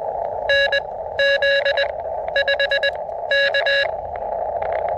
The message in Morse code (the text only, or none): NZ5K